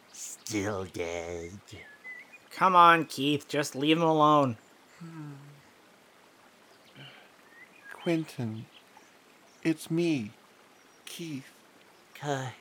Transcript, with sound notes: Still dead.
Come on, Keith. Just leave him alone.
Hmmm. [Long Pause] Quentin, it's me... Keith.
Kuh...